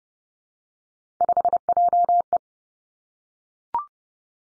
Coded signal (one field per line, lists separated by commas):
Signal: Morse code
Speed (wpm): 30 wpm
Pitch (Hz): 700 Hz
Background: none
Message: 5JE